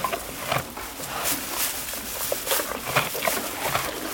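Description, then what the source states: Roe deer munching grass, with brisk crunching bites and soft tearing noises in a quick, irregular pattern. Eating grass.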